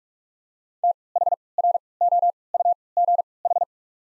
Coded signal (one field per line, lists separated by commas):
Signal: Morse code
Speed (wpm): 44 wpm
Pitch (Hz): 700 Hz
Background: none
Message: T H R O U G H